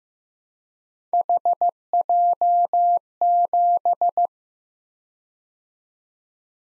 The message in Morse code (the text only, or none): HJ7